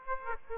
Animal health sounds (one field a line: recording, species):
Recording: mosquito wingbeat signal from an infrared sensor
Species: Aedes aegypti